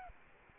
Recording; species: mosquito wingbeat signal from an infrared sensor; Anopheles arabiensis